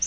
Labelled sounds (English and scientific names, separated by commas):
Yellow-rumped Warbler (Setophaga coronata) flight call